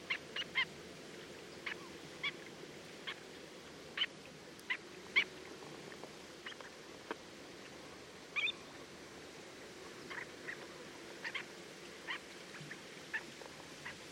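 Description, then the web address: Black-tailed godwit calls: short, sharp notes scattered irregularly over a steady low background hiss. Icelandic subspecies, Limosa limosa islandica. "Barge a queue noire Limosa limosa islandica. Audrey Beauduc"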